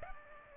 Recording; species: mosquito wingbeat signal from an infrared sensor; Aedes aegypti